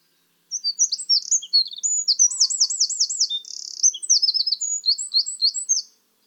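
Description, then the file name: Eurasian wren song: a loud, fast, high-pitched outpouring of trills and twittering notes lasting about five seconds, with a rolling rattle in the middle, on a quiet background. "Troglodytes troglodytes"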